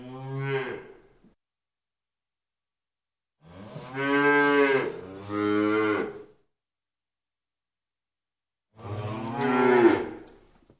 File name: Sound Ideas 2000 Series. Cow Moo